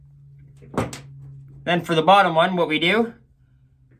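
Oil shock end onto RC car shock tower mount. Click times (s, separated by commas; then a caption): 0.8 s, 0.9 s. A plastic Injora oil shock end is squeezed with needle nose pliers onto its mount on an RC car shock tower. Two sharp snaps are heard at 0.8 s and 0.9 s as it seats in place, and then someone talks.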